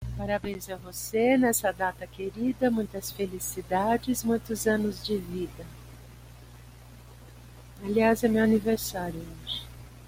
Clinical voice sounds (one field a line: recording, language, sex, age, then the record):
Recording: short text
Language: Brazilian Portuguese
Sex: female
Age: 60 to 69 years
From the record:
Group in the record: control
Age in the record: 65 years